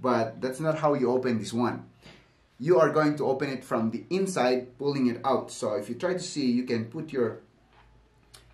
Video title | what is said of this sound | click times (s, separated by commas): Laptop Display Screen Problem - How to troubleshoot and repair it yourself! | you can you can hear some snaps but that's okay snap it like that slowly | 8.3 s